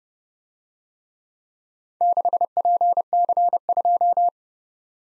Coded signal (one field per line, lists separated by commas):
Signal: Morse code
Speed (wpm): 29 wpm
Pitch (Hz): 700 Hz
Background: none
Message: 6PC2